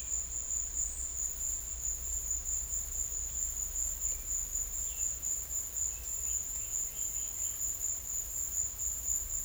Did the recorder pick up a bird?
no